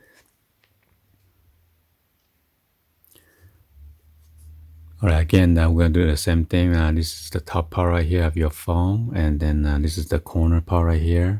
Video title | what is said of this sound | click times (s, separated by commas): Poetic vs Armadillo Tek Note 10 10+ 5G Rugged Case with Kickstand! | So just lift up real quick and then just slide down until you hear click. | 3.0 s